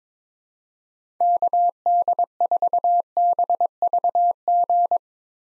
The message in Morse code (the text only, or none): KD4BVG